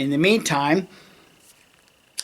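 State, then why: Seated. Someone talks briefly, then after a near-silent pause with a few faint ticks, the folding handle of a hand-forged copper and iron casting ladle, swung out and pushed into its open position, locks with a sharp click at 2.2 s. The joint is tight from the new copper friction bond, and the handle locks into place and pairs up well.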